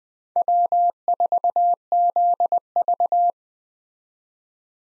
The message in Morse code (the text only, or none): W4ZV